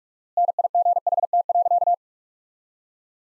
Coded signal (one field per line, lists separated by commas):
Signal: Morse code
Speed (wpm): 46 wpm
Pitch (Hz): 700 Hz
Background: none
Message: NIGHT.